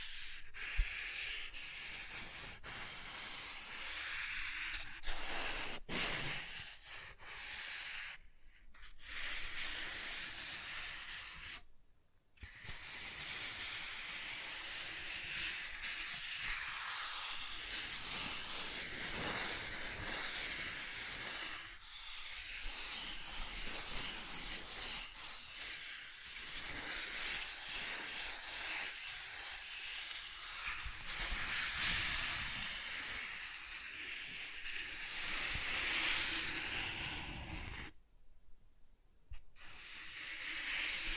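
Soft tracing moves across smooth and rough surfaces in a steady, hissy rubbing that stays bright and fairly dense. The texture shifts gently as the strokes change, broken by brief silent pauses near 9, 12 and 38 seconds.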